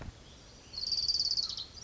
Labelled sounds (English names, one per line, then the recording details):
Orange-crowned Warbler
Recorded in Sonoma County, California